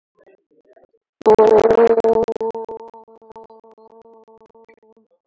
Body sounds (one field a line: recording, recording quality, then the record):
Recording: sustained vowel as in boot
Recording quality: moderate, slight background noise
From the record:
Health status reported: COVID-19 positive, no symptoms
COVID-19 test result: positive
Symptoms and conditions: sore throat, muscle pain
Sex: female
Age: 31 years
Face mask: worn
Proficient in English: yes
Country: India